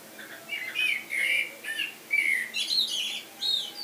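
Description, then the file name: Common blackbird singing a rich warbled phrase that breaks into thin, high-pitched twittering notes toward the end. "Turdus merula"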